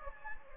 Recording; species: mosquito wingbeat signal from an infrared sensor; Anopheles gambiae